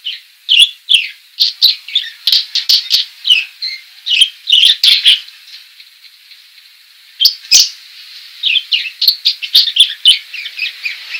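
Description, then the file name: Budgerigar giving fast scratchy chirps and warbling chatter, pausing briefly midway before the busy chirping resumes. Female. "suara burung parkit betina"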